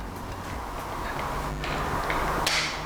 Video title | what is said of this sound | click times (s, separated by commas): Flashes for Dental Photography | and it snaps into place and we're good to go | 2.1 s, 2.5 s